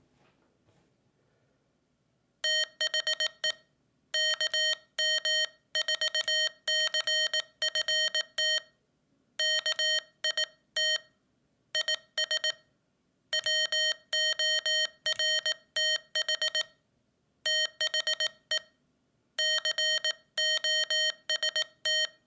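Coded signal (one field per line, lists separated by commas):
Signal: Morse code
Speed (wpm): 18 wpm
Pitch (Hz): 3100 Hz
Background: none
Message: THE KM4CFT KIT IS WORTH THE COST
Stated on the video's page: Morse sent with a lightweight 3D-printed magnetic-tension iambic paddle kit for portable POTA/SOTA CW.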